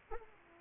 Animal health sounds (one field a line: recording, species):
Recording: mosquito wingbeat signal from an infrared sensor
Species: Aedes aegypti